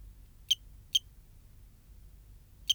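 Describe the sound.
Cricket Eugrylloides pipiens giving brief high chirps, two close together, then a pause of nearly two seconds before a third, with faint low background rumble.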